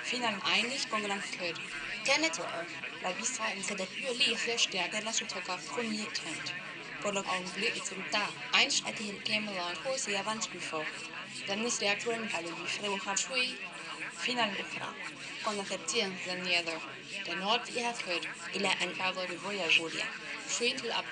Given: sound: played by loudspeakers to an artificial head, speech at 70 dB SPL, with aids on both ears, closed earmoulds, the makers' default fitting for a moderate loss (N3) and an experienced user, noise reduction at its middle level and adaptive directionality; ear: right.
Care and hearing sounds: speech test signal (ISTS) in cocktail-party noise; +3 dB; on the right (90 degrees)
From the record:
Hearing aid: class 2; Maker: G

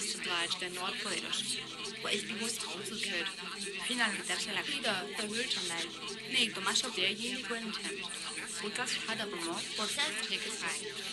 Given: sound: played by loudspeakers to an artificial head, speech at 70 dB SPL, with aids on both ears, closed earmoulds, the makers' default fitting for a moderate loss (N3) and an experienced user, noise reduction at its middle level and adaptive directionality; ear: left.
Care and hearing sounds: speech test signal (ISTS) in cocktail-party noise; -6 dB; in front (0 degrees)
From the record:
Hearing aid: class 1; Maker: E

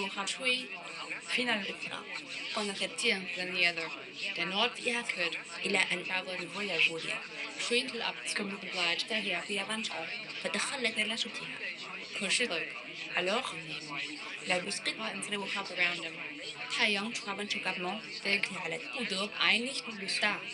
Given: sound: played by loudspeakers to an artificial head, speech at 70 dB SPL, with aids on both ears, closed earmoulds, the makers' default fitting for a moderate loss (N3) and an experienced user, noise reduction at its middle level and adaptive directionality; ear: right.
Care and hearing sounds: speech test signal (ISTS) in cocktail-party noise; +3 dB; in front (0 degrees)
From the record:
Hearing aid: class 2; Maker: I

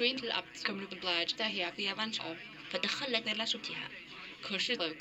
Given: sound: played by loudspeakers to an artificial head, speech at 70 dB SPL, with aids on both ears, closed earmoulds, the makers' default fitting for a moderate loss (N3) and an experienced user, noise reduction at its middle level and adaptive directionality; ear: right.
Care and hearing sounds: speech test signal (ISTS) in cocktail-party noise; +9 dB; on the right (90 degrees)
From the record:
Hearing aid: class 1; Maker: D

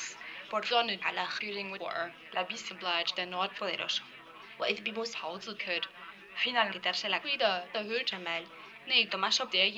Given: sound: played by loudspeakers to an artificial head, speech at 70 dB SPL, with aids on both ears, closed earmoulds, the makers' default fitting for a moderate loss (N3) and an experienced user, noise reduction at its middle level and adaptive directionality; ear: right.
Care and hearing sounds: speech test signal (ISTS) in cocktail-party noise; +9 dB; on the right (90 degrees)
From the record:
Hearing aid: class 1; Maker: F

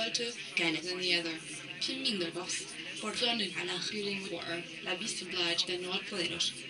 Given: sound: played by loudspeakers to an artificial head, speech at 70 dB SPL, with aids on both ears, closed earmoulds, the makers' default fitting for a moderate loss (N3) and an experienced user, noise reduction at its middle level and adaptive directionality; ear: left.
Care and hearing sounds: speech test signal (ISTS) in cocktail-party noise; +9 dB; on the right (90 degrees)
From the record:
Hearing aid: class 2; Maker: B

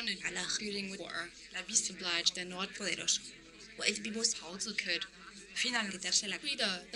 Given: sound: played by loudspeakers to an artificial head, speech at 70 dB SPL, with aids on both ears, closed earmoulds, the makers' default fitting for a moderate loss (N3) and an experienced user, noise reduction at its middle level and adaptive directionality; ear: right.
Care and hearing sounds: speech test signal (ISTS) in cocktail-party noise; +6 dB; on the right (90 degrees)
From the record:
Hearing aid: class 1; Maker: H

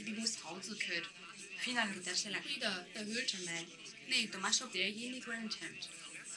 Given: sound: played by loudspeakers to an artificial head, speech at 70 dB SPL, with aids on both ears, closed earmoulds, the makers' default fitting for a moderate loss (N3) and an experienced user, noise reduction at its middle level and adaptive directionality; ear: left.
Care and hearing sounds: speech test signal (ISTS) in cocktail-party noise; +9 dB; on the right (90 degrees)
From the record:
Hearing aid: class 1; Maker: J

